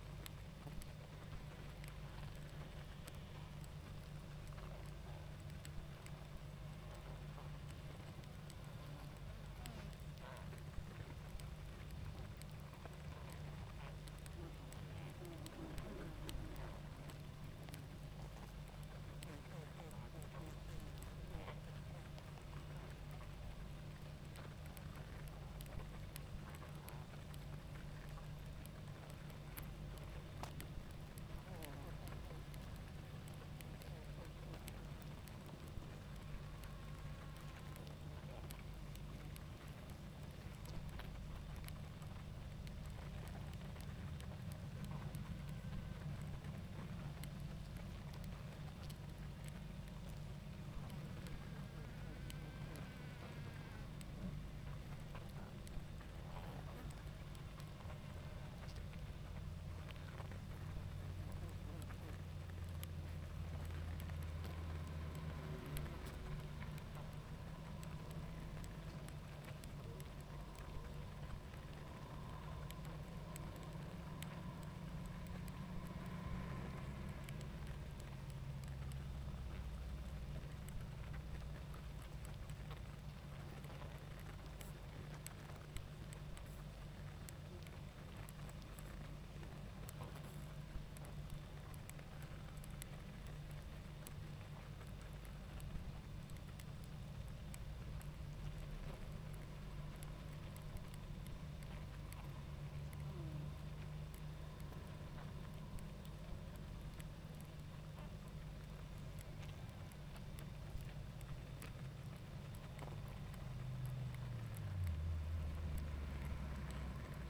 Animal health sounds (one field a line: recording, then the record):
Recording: honeybee colony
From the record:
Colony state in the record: active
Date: 28 July 2017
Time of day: 20:42